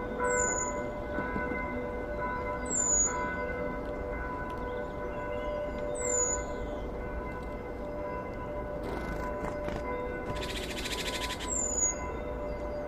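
Birds sing in a waking forest, one bird repeating a high, sharp whistled call every few seconds. Underneath runs a steady low rumble with a faint, constant ringing hum. Around nine seconds a brief rustle passes, followed by a dense buzzing trill.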